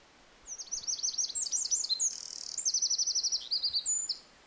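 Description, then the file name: Eurasian wren pouring out a high, energetic song of quick repeated notes, a brief buzzy section, then a fast even trill and a few more notes, lasting nearly four seconds. "Troglodytes troglodytes"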